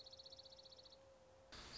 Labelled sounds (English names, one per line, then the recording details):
Dark-eyed Junco
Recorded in Sonoma County, California